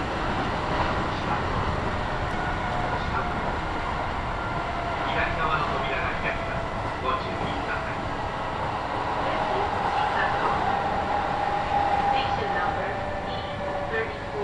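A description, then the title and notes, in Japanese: A Kintetsu Nagoya Line local train runs from Shiroko toward Tsushinmachi, its interior filled with a steady, dense rumble and hum. A faint whine rises and holds around the tenth to twelfth seconds, and soft voices drift in now and then beneath the running noise. 近鉄名古屋線各駅停車 白子→津新町。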